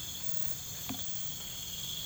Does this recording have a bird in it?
no